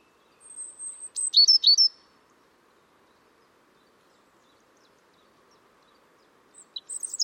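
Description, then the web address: European robin song: a high thin whistle, then a quick jumble of sharp notes, a long quiet pause, and a new phrase starting at the end. "Deverinetal 2025 File origin Bird Only Er Ru"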